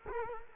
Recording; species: mosquito wingbeat signal from an infrared sensor; Culex quinquefasciatus